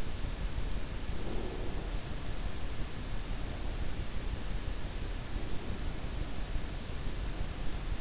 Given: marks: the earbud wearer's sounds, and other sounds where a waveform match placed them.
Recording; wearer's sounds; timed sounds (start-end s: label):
sounds in sleep by an in-ear microphone; breath
1.05-1.92 s: breath